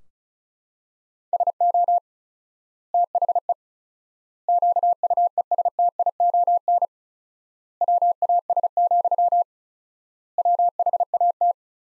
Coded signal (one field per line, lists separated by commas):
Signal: Morse code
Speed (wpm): 36 wpm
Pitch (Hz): 700 Hz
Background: none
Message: SO THE QUESTION WAS, WHAT